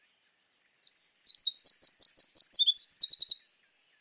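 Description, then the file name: Eurasian wren song: a few high introductory notes, then a rapid rolling trill of repeated zigzag notes and a short run of bright chips, about three seconds. "Troglodytes troglodytes"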